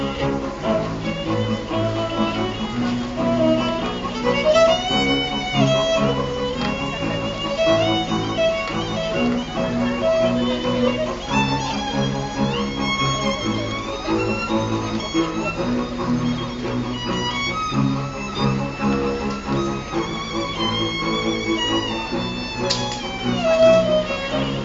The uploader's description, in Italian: rumori delle strade di Avignone durante il Festival del Teatro